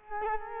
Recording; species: mosquito wingbeat signal from an infrared sensor; Culex quinquefasciatus